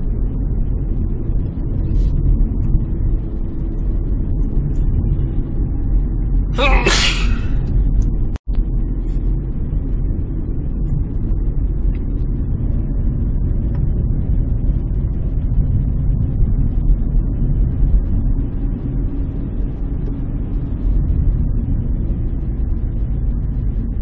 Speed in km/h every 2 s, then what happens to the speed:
35, 36, 33, 30, 31, 28, 26, 23, 27, 30, 25, 24.
0-9 steady at about 33. 9-14 slows to 23. 14-18 speeds up to 30. 18-24 slows to 24.